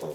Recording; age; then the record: pig call; piglet (1 to 25 days)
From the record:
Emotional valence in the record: positive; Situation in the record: huddling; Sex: female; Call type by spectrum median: low-frequency call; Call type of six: low-frequency stable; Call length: 0.15 s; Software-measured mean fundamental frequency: 67 Hz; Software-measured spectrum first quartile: 395 Hz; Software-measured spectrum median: 547 Hz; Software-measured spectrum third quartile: 1314 Hz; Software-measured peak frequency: 525 Hz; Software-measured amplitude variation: 75 dB a second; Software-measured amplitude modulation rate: 17.2 a second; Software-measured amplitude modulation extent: 4.4 dB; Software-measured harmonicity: 2.4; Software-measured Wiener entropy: -1.26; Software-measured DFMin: 1005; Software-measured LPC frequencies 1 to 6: 480, 1882, 2652, 3479, 4122, 4984 Hz